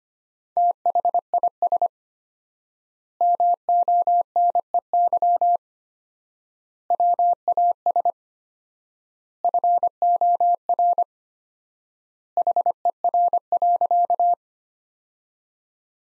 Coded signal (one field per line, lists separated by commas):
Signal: Morse code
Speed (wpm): 25 wpm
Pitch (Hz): 700 Hz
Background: none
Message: THIS MONEY WAS FOR HER.